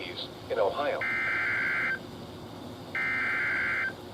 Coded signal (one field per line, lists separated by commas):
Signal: Emergency Alert System (SAME) tones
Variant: header bursts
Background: speech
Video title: Spring's Grand Entrance - EAS Alerts From 3/22/2026 (EAS #593-609)